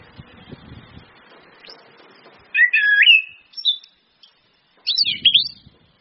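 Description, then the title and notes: Orange-headed thrush song: a few bursts of quick, twisting high whistles, with faint low rumbling at the start. Indonesian bird-training lure recording of anis kembang in ngeplong song style, mixed with female whistles (suitan betina), meant to make birds sing vigorously (gacor); used as masteran tutor audio. "Anis Kembang 5. PANCINGAN anis kembang ngeplong dan SUITAN BETINA. Masteran Anis Kembang"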